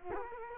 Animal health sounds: mosquito wingbeat signal from an infrared sensor; Culex quinquefasciatus

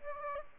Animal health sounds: mosquito wingbeat signal from an infrared sensor; Aedes aegypti

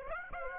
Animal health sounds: mosquito wingbeat signal from an infrared sensor; Aedes aegypti

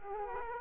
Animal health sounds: mosquito wingbeat signal from an infrared sensor; Culex quinquefasciatus

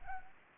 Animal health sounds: mosquito wingbeat signal from an infrared sensor; Anopheles arabiensis

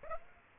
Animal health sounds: mosquito wingbeat signal from an infrared sensor; Aedes aegypti

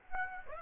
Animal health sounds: mosquito wingbeat signal from an infrared sensor; Aedes aegypti

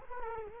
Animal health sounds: mosquito wingbeat signal from an infrared sensor; Culex quinquefasciatus

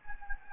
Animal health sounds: mosquito wingbeat signal from an infrared sensor; Anopheles gambiae

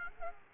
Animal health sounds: mosquito wingbeat signal from an infrared sensor; Aedes aegypti

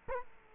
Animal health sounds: mosquito wingbeat signal from an infrared sensor; Culex quinquefasciatus

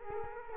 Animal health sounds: mosquito wingbeat signal from an infrared sensor; Culex quinquefasciatus

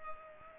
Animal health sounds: mosquito wingbeat signal from an infrared sensor; Culex pipiens

